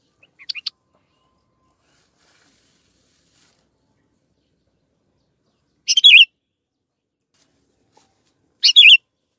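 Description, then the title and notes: Canary song: a faint brief twitter, then two louder buzzy warbled bursts a few seconds apart. Canary chirping, used as training material for teaching songs to birds. "Kicauan Kenari Durasi Panjang. Masteran Burung Lengkap"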